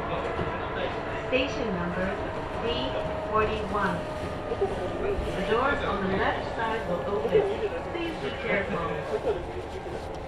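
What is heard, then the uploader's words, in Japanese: Inside a commuter train carriage, a steady low rumble of the moving train runs throughout beneath a dense layer of passenger chatter. Several voices, likely students, talk and overlap continuously, with occasional louder bursts, while a faint tonal whine hangs in the background. 耳で楽しむ鉄道旅 近鉄大阪線 区間準急 大和朝倉→近鉄下田。大和朝倉始発の区間準急大阪上本町行きに乗り換えました。6両編成で桜井からは学生が乗ってきます。区間準急なので途中の河内山本までは各駅停車となります。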